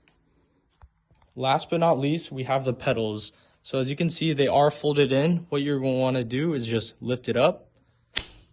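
A folded-in pedal on the crank arm of a Rover folding e-bike is lifted up by hand while someone talks. At 8.2 s it locks into its open position with a single sharp click, and the pedal is seated.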